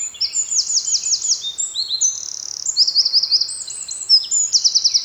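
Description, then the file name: Eurasian wren pouring out an energetic, high-pitched song of rapid chattering trills and clear piping notes, continuous throughout. "Troglodytes troglodytes"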